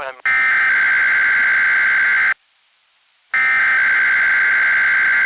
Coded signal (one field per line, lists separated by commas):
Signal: Emergency Alert System (SAME) tones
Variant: header bursts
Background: speech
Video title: [EAS 5-8] RWT on XMJ225 + NPAS Test Nov 2025